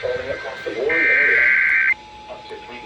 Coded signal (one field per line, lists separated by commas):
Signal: Emergency Alert System (SAME) tones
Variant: header bursts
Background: speech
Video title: VAPORWHALE’S MISCHIEF: EAS Alerts from 7/12/26 - 7/13/26 (EAS #23 - #51)